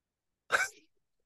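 A single abrupt, explosive sneeze from an adult man nearby, lasting about a third of a second. It starts sharply, then fades quickly into a brief trailing breath, with silence on either side.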